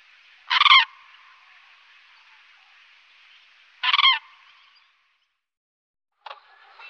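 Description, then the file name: Common crane uttering short, loud, rolling trumpeted calls, two clear ones about three seconds apart and a clipped third at the end. "Trana"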